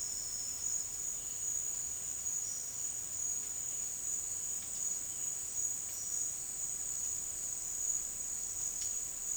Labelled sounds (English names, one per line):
none